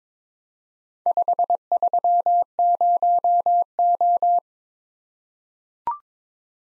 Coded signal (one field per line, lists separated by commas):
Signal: Morse code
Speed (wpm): 22 wpm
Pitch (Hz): 700 Hz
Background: none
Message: 530O